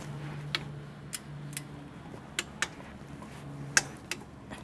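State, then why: Torque reached. A click-type torque wrench set to 29 ft-lb tightens the drain plug on the hybrid transaxle of a 2016–2022 4th-gen Toyota Prius or Prius Prime. Short ticks from the wrench are heard over a low hum. The wrench breaks over with a sharp click at 3.8 s, confirming the plug is torqued to spec.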